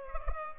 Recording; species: mosquito wingbeat signal from an infrared sensor; Culex pipiens